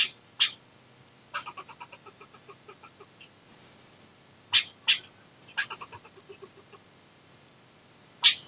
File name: Squirrel Chatter 4 3 2016 Lincoln Nebraska